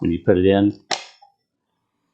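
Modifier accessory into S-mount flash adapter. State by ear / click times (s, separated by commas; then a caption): seated / 0.9 s. Someone talks while a flash modifier accessory is put into an S-mount flash adapter and twisted. A single sharp click at 0.9 s marks the locking lever catching. The accessory is twist-locked home and seated.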